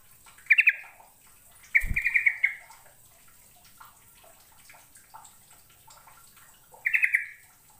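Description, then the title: Bird song: three short buzzy trills, the last after a long pause, a dull knock during the second one, and soft chirping between. "Kicau Burung"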